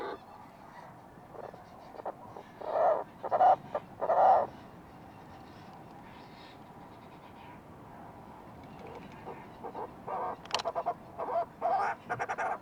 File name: fulmar prion